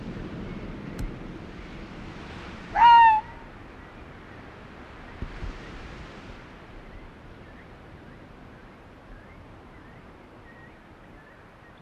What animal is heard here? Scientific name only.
Vulpes lagopus